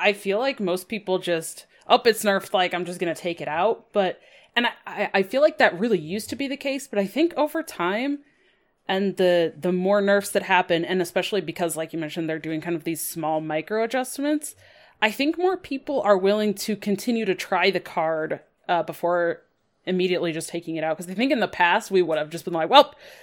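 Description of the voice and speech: One adult speaks fluently at a relaxed conversational pace, with natural pauses and a mid-range voice that is clear and smooth. Rhythm and articulation are ordinary, with only casual fillers. Ordinary adult speech with no sign of a voice or speech disorder.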